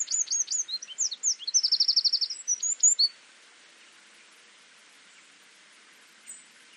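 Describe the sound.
Eurasian wren song, a fast high outpouring of sharp notes with a dry buzzing trill in the middle, lasting about three seconds, then quiet with one faint later note.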